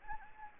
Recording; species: mosquito wingbeat signal from an infrared sensor; Anopheles gambiae